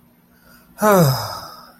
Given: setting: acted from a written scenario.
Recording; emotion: vocal sound without words; contentment